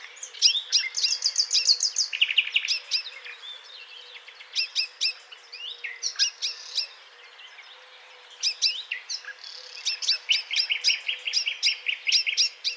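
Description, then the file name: Common chaffinch song: several bouts of fast repeated chipping notes, separated by pauses with softer calls, over faint background hiss. "Fringilla coelebs"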